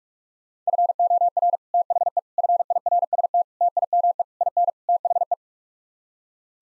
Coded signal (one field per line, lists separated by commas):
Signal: Morse code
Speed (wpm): 46 wpm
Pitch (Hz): 700 Hz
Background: none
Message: FOR THE FIRST TIME IN THE